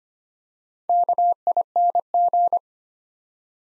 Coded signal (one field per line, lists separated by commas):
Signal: Morse code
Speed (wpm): 25 wpm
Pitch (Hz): 700 Hz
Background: none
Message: KING